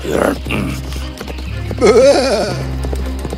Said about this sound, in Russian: Громкое ржание моей лошади потревожило спящего великана, и он пришел в ярость.